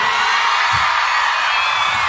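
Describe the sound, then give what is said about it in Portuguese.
A large audience boos another group loudly, a dense, steady roar of many voices that holds without a break for the whole two seconds, with scattered shouts mixed in. “Vocês estão vaiando eles por quê?”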